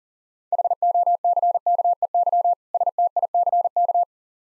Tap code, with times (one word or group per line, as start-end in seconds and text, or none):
none